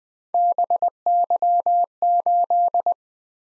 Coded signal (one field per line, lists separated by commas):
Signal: Morse code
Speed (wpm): 21 wpm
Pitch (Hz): 700 Hz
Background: none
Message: BY8